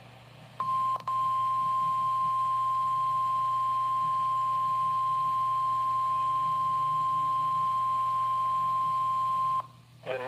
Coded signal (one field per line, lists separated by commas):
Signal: Emergency Alert System (SAME) tones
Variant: 1050 Hz attention tone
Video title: NOAA EAS Alert #37: WXM66 Required Weekly Test